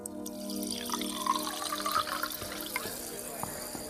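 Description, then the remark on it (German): Water splashes and trickles steadily into a vase holding flowers for a few seconds, a bright, continuous hissing pour with small gurgles, faintly layered with a low murmuring voice. “Denn Clara Durant spielte die Sonate, stellte die Blumen ins Wasser und verfasste die Einladungskarten.”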